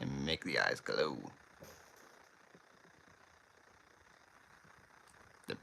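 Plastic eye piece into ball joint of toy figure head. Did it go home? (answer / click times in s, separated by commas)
yes / 5.4 s, 5.5 s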